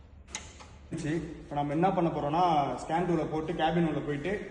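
The ambient temperature sensor connector, found not properly locked, is pushed into its socket behind the car's removed front bumper. A sharp click at 0.35 s marks it seating, followed by a man talking. The connector is now locked in place.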